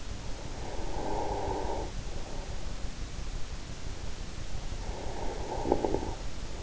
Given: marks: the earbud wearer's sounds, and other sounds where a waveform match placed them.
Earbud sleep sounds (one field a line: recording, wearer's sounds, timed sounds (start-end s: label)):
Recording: sounds in sleep by an in-ear microphone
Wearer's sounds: snoring breath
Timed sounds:
0.62-2.22 s: snoring breath
4.82-6.45 s: snoring breath